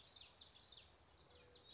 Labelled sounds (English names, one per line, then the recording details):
Common Yellowthroat
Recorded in Sonoma County, California